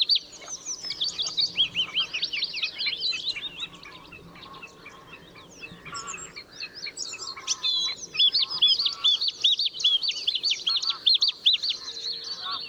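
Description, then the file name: Bluethroat song of varied, rapid chattering and twittering phrases, high and scratchy, with a brief quieter pause midway before the fast medley resumes. Recorded 13 April 2014 at Schurrsee. "Blaukehlchen 13 04 2014 Schurrsee Michle Pron"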